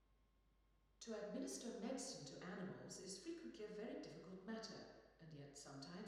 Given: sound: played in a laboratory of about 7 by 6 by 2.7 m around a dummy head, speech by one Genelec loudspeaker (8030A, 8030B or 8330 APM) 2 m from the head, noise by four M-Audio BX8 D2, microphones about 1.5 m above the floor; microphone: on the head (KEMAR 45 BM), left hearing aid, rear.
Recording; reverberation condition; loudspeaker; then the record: female speech in English; high; behind (180 degrees)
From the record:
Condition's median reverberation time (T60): about 1300 ms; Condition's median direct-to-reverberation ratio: about -4.0 dB